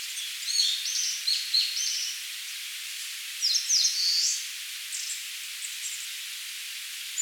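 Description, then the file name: Eastern crowned warbler singing: high, fast strophes of squeaky notes, the second ending in a sweeping buzzy flourish, over steady hiss. "Phylloscopus coronatus"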